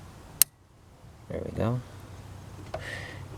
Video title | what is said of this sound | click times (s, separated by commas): Replace Chevy Impala Headlight 2014-2020 Chevrolet DIY How to Change bulb Front Light change | right click there | 0.4 s